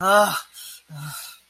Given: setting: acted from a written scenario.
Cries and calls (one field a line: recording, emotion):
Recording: vocal sound without words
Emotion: distress